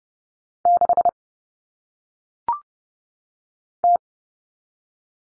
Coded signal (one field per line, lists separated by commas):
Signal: Morse code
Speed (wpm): 30 wpm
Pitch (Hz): 700 Hz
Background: none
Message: 6 T